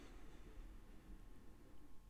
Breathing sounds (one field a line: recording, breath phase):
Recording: one breath near a microphone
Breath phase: inhalation